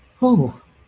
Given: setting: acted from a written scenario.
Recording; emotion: vocal sound without words; positive surprise